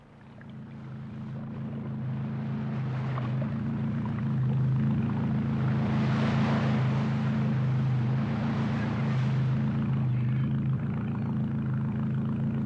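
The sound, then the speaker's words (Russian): A motorboat engine at sea on a fishing trip drones steadily throughout, a loud low throbbing hum layered with a broad rushing hiss of water and wind. No voices, and the engine note barely changes. “Глуши мотор.”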